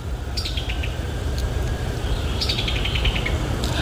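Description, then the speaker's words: Summer tanager call: two quick series of staccato clicking notes that fall in pitch, over a steady low rumble of background noise. At dusk in a neighbourhood in Tuscaloosa, Alabama; calling unseen from a leafy tree overhead; sex unknown; described as a funny sort of sound. "And that funny sort of sound you can hear above my head is a summer tanager."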